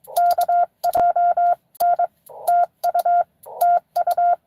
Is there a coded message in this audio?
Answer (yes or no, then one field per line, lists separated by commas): yes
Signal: Morse code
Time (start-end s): 0.2-4.3 s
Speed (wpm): 23 wpm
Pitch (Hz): 690 Hz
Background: none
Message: KJ N TU TU